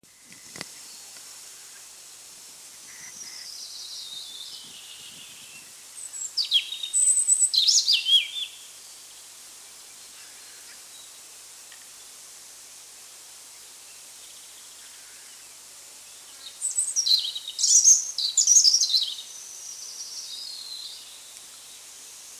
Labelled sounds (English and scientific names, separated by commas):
European Robin (Erithacus rubecula) song